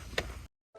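The plastic retaining ring of a shift boot is pressed down into the center console opening of a 1997–2004 Jeep Wrangler, with one sharp knock at 0.2 s over a low rumble, a drop to silence around 0.5 s, and faint noise again near 0.7 s. The ring ends up in place and roughly flush but never gives a clean snap, apparently because the console is in bad shape.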